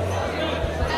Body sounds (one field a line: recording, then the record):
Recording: background sound without coughing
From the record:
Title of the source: CITY SOUNDS Busy Bar in the Evening Night - 2 HOURS of Ambiance for Relaxation